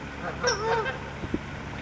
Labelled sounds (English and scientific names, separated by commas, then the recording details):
California Towhee (Melozone crissalis)
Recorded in Sonoma County, California